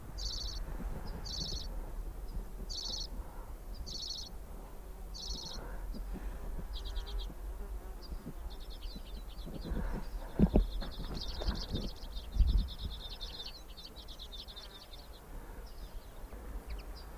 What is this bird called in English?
Common Redpoll